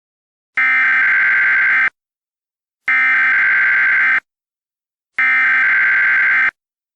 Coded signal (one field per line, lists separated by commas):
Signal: Emergency Alert System (SAME) tones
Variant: header bursts